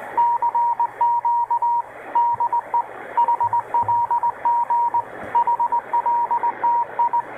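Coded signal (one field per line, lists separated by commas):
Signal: Morse code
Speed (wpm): 20 wpm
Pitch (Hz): 950 Hz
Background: radio noise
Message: CQ DE HLG HLTI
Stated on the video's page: SSB CW signal from a Korean maritime coast station on 12935 kHz, calling CQ.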